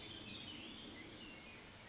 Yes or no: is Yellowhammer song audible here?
no